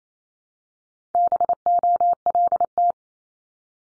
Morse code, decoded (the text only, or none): BOLT